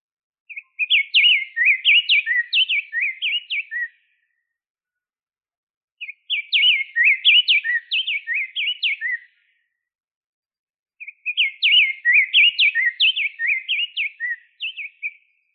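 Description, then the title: Bird song: a bright, fast phrase of sharp chirped notes, given three times with quiet gaps of about two seconds between phrases. "LuckyPassaros CompletosSama"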